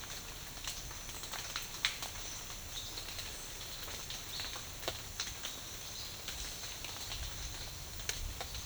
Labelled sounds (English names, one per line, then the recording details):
none
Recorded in dense forest near Puerto Asís, Putumayo, Colombia, on 9 March 2025 at 13:00
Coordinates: 0.484, -76.325
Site G045